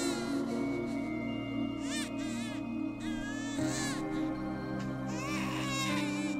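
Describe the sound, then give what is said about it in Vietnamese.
A baby wails at night in shrill, high-pitched bursts that rise and waver, repeating several times over a steady low droning background. “Tiếng trẻ con khóc vang lên choe choé trong đêm ma mị.”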